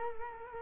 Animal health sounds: mosquito wingbeat signal from an infrared sensor; Culex quinquefasciatus

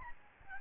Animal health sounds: mosquito wingbeat signal from an infrared sensor; Aedes albopictus

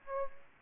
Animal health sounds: mosquito wingbeat signal from an infrared sensor; Aedes aegypti

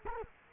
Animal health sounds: mosquito wingbeat signal from an infrared sensor; Culex quinquefasciatus

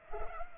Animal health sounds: mosquito wingbeat signal from an infrared sensor; Culex pipiens

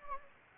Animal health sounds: mosquito wingbeat signal from an infrared sensor; Anopheles gambiae

